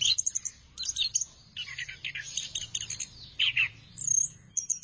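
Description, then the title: Thrush song: rapid run of varied high chirps, whistles and trills, bursts and pauses mixing across about five seconds, with a faint low hum underneath. "burung anis"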